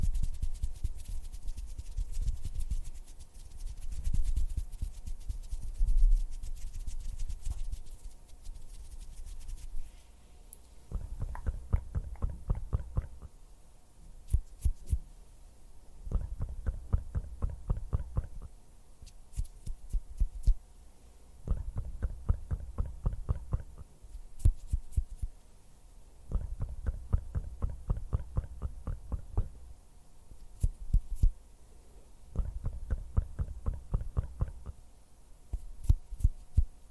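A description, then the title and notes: Soft hand sounds come in repeated bursts of quick fluttering taps every few seconds, low and muffled, over a faint steady hum. Hand sounds. Finger fluttering.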